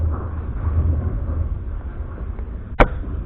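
During reassembly of a pin station, a shaft is poked all the way through the lever until its grooves engage. A low, steady rumble fills the clip, with a faint tick at 2.4 s, then a sharp, loud snap at 2.8 s as the shaft seats in the lever.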